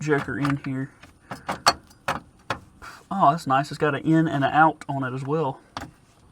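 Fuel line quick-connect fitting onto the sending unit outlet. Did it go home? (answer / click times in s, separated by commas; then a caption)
yes / 5.8 s. A fuel line quick-connect fitting is pushed onto the outlet tube of a fuel tank sending unit on a 1994 Ford Ranger while someone talks. A few sharp knocks sound around 2.1 and 2.5 seconds. The fitting snaps into place with a short, sharp click at 5.8 seconds, seated.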